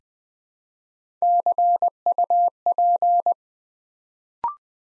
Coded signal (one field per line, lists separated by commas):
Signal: Morse code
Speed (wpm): 20 wpm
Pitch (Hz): 700 Hz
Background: none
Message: CUP